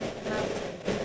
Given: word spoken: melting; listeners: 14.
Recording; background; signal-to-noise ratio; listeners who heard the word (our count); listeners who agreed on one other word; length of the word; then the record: one English word in noise, from a listening test; noise modulated by three-talker babble; -6.5 dB; 2 of 14; 10 of 14; 0.65 s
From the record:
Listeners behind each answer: 10, 2, 1, 1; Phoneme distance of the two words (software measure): 30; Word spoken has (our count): 2 syllables, 6 phonemes, stress on syllable 1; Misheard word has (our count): 2 syllables, 6 phonemes, stress on syllable 1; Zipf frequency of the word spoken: 3.78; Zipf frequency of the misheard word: 4.64